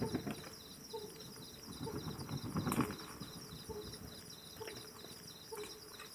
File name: Pallid Scops Owl Hooting of male with wingbeats of bats